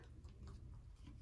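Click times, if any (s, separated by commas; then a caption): none. The collapsible plastic water tank of a Guru Nanda portable water flosser is handled, set upright and pressed toward the base, where its small teeth will engage. Low, muffled handling noise runs throughout, with a brief faint knock around 0.5 seconds. The clip ends before the tank pops into place, so nothing has seated yet.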